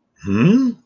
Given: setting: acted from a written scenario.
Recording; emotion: vocal sound without words; confusion